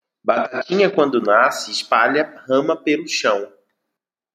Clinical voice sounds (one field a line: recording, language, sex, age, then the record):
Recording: short text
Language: Brazilian Portuguese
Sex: male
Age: 20 to 29 years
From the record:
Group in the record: control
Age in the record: 28 years